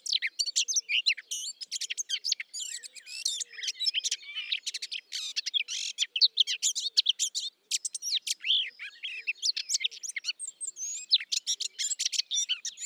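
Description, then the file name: Eurasian blackcap warbling nonstop, a dense tumble of chattering, squeaky and whistled notes. "Sylvia atricapilla"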